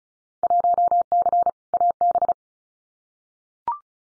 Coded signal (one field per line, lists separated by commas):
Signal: Morse code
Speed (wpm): 34 wpm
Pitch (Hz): 700 Hz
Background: none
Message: 1C AB